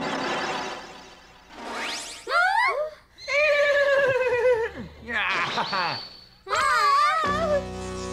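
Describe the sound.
A horse neighs in several loud, shrill bursts, each whinny wavering and sliding downward in pitch, separated by brief pauses, with some voice-like sounds mixed in.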